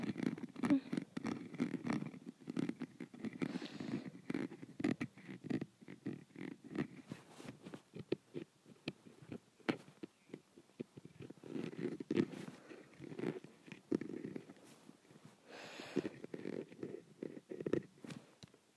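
Scratching on a window runs through the whole clip as a dense, uneven series of scrapes and short rasps, mostly low and rough with brighter edges. The strokes come in quick irregular bursts, thinning briefly around seven and ten seconds before picking up again.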